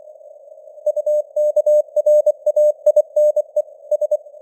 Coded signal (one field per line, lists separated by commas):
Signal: Morse code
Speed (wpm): 24 wpm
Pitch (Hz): 600 Hz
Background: none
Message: UKRAINE S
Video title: Morse Code News | 2025-12-23 | 24wpm